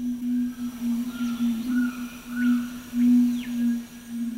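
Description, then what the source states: Red-ruffed fruitcrow display call: deep, humming booms repeated roughly every half second, with thin calls of other birds above. Male giving its display call, a strange sound echoing through the mountain forest of northeastern Argentina.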